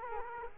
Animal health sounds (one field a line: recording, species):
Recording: mosquito wingbeat signal from an infrared sensor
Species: Culex quinquefasciatus